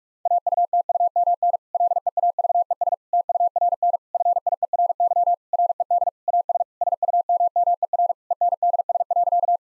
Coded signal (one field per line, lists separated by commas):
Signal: Morse code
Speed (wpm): 46 wpm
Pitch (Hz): 700 Hz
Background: none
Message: AUTUMN LEAVES TURN FIERY RED AS SUMMER ENDS.